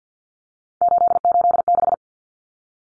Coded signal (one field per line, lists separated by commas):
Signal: Morse code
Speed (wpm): 50 wpm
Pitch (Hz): 700 Hz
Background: none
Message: 886